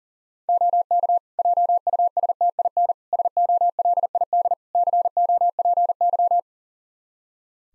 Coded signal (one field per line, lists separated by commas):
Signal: Morse code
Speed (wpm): 37 wpm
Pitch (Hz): 700 Hz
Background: none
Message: OK JUSTIN SOLID COPY